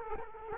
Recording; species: mosquito wingbeat signal from an infrared sensor; Culex quinquefasciatus